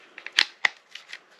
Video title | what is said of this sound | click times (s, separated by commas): craftsman rp multi oscillating tool review | and it clicks right in | 0.7 s